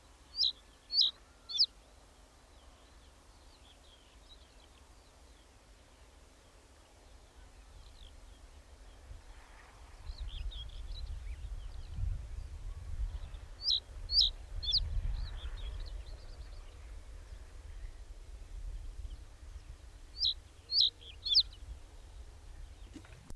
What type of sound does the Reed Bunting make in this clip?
song